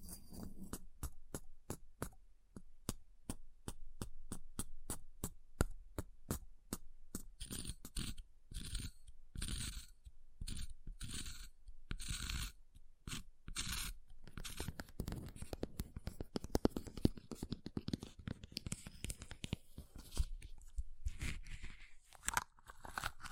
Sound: Ice Tapping, Scratching, Carving Sounds